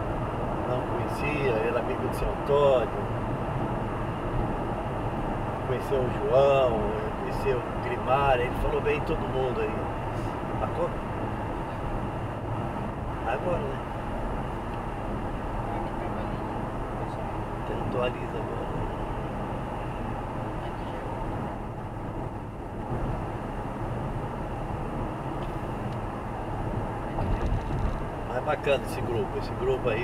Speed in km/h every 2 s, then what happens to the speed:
106, 106, 106, 104, 103, 100, 97, 95, 91, 90, 88, 87, 88, 88, 87.
0-6 steady at about 106. 6-20 slows to 88. 20-30 steady at about 88.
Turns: none.